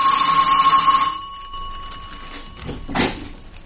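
A doorbell rings with a bright, sustained electric tone for about a second, then fades out, followed by quieter shuffling and a brief knock-like thud.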